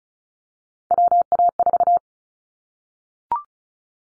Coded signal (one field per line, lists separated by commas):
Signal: Morse code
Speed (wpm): 34 wpm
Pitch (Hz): 700 Hz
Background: none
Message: WA4